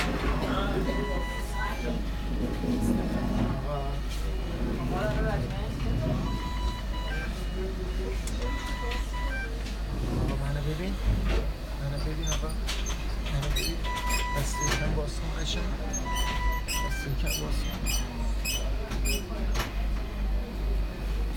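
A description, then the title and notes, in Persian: Emergency room at Shariati Hospital: overlapping voices talk continuously over a steady low hum, with short beeps and clicks repeating throughout, busier after fifteen seconds. اورژانس بیمارستان شریعتی.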